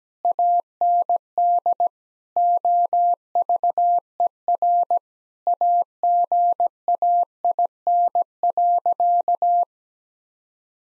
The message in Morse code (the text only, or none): AND OVER AGAIN.